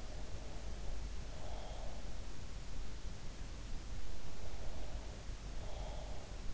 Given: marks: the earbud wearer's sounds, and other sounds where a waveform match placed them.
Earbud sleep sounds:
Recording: sounds in sleep by an in-ear microphone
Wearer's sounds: breath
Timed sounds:
0.00-2.13 s: breath
4.37-6.29 s: breath

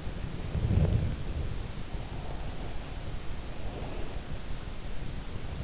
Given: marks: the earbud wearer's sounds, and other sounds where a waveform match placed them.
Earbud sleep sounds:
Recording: sounds in sleep by an in-ear microphone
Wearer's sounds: body movement, breath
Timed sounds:
0.32-1.88 s: body movement
2.10-4.22 s: breath

